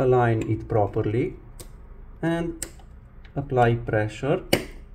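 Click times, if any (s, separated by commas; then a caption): none. Someone talks while a Samsung S24 Ultra (S928) buzzer/loudspeaker module is aligned in the phone's plastic midframe during a charging board replacement, with a few brief, sharp handling ticks between the words. The module has not seated or clicked into place yet.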